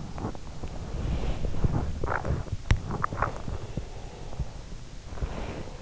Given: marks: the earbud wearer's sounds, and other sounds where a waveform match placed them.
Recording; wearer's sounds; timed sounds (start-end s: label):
sounds in sleep by an in-ear microphone; body movement, teeth grinding, breath
0.00-5.75 s: body movement
2.56-3.34 s: teeth grinding
3.18-4.80 s: breath